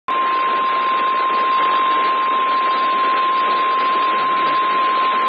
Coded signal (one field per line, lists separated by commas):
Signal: Emergency Alert System (SAME) tones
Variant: 1050 Hz attention tone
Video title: SMW on KWO39 (EAS #217)